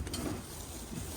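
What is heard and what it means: A pull-out storage rack under a 2019 Swift Escape 614 motorhome is handled as it slides back toward its housing, with a low rumbling scrape and brief sharper rattles near 0.1 s. The clip ends before the rack goes home, so nothing has latched or clicked into place yet.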